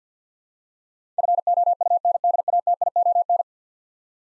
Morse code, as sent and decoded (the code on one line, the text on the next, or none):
..-. --- ..- -. -.. .- - .. --- -.
FOUNDATION